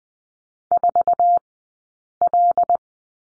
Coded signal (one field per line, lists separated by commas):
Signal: Morse code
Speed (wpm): 20 wpm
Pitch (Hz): 700 Hz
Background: none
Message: 4L